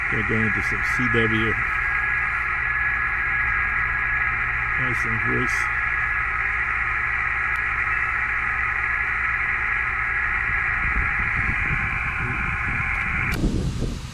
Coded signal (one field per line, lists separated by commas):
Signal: FT8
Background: speech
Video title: Amateur Radio 2 METER SSB /CW SCORPION ll CUBEX QUAD Antenna New 2022